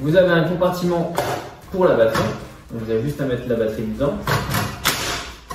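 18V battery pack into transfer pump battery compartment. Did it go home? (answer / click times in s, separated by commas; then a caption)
yes / 4.9 s. Someone talks while an 18V slide-on battery pack is pushed into the covered battery compartment of a Ryobi 18V ONE+ R18TP-0 cordless transfer pump. It clicks at 4.9 s, and a quieter knock follows at 5.5 s. The battery is seated, clipped into the compartment.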